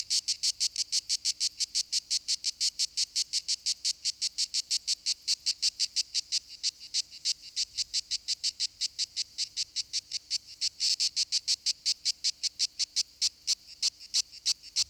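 Lyristes plebejus cicada song, a continuous train of rapid, harsh, high-pitched pulses with slight shifts in loudness.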